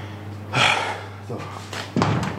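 A door is pushed shut: a broad rushing swing followed by a softer knock and then a firm final thud as it latches, over a low steady hum.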